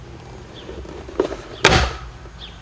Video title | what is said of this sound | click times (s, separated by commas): How To Change The Cabin Air Filters In A Nissan Xterra | You'll feel it pop into place | 1.7 s